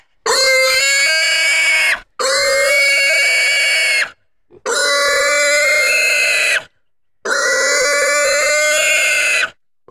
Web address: Sony Pictures Sound Effects Series Volumes 1-10 Volume 1 Animals Pig Squeals Intense